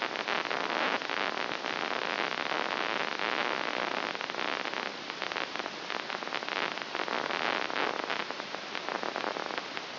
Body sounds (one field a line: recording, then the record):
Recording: brain microelectrode recording played as sound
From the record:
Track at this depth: inside the subthalamic nucleus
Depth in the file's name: 1.141 mm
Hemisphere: left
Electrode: 3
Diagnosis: Parkinson's disease